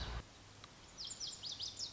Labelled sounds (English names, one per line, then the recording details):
Lazuli Bunting
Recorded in Sonoma County, California